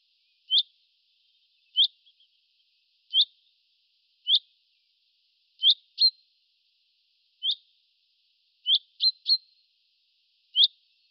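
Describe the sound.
Bird calls: short, high, sharp chirps repeated roughly every one to one and a half seconds, some in a quick pair or triple, with a silent background.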